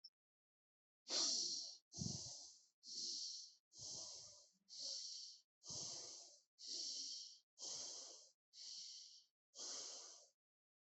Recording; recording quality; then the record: shallow breathing; excellent, no background noise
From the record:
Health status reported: healthy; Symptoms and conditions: none ticked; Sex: male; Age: 29 years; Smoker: not ticked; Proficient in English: yes